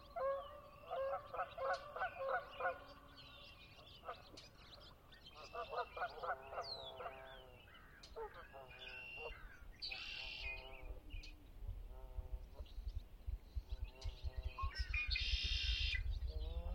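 Geese honk at Conner's Lake on a spring dawn, their nasal calls coming in quick, overlapping bursts through most of the clip. Two bright hissing bursts break in near 10 and 15 seconds, while a low rumble grows steadily toward the end.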